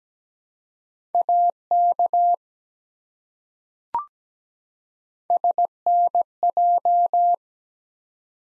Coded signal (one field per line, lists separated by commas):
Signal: Morse code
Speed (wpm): 17 wpm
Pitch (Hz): 700 Hz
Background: none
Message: AK SNJ